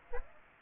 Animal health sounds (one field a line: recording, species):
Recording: mosquito wingbeat signal from an infrared sensor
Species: Aedes aegypti